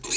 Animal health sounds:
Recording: pig call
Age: weaner (32 to 43 days)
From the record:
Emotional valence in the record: negative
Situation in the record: short isolation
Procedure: open field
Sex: female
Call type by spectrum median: high-frequency call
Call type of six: mixed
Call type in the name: high-frequency stable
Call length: 0.18 s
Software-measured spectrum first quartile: 2906 Hz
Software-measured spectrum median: 5466 Hz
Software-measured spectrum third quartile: 7236 Hz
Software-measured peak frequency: 6820 Hz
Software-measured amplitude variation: 162 dB a second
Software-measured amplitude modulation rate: 5.6 a second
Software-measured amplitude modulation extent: 28.7 dB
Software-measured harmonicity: 2.1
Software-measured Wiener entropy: -1.92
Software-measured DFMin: 698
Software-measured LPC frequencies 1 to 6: 2469, 4180, 6554, 6902, 7569, 8443 Hz

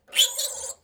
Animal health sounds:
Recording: pig call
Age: piglet (1 to 25 days)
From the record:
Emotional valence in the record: negative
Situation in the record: restrain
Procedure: back test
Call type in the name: high-frequency call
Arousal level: medium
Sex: male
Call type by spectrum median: high-frequency call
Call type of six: high-frequency stable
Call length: 0.85 s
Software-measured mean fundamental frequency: 508 Hz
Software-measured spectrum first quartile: 3196 Hz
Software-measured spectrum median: 4719 Hz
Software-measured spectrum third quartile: 7973 Hz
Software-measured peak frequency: 3051 Hz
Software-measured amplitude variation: 206 dB a second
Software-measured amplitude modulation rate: 16.0 a second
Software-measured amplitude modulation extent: 12.9 dB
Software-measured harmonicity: 5.8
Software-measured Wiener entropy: -2.46

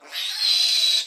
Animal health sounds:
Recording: pig call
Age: piglet (1 to 25 days)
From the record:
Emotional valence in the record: negative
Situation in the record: restrain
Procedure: in the arms of a person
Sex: female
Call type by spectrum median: high-frequency call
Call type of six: high-frequency modulated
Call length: 1.07 s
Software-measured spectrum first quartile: 3857 Hz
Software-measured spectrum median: 4156 Hz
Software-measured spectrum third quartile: 5075 Hz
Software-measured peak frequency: 4001 Hz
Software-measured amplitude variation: 128 dB a second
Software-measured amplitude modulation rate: 24.7 a second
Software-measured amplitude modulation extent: 5.2 dB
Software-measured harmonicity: 5.5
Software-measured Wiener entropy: -2.62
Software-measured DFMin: 878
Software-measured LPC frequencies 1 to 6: 897, 1782, 2515, 3288, 4007, 4845 Hz

